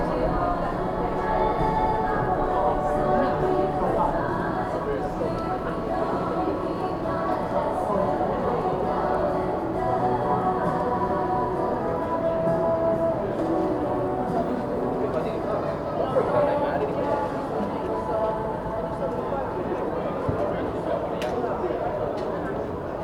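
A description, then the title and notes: A busy shopping street is full of steady, overlapping talk from many passersby, with no single voice standing out for long. The crowd murmur stays even throughout, with a low hum of traffic beneath and occasional brief clicks and footsteps. Up-market shopping street. Captured on a street that is home to high-end shops. The street is busy with people shopping for Christmas gifts. It is late afternoon.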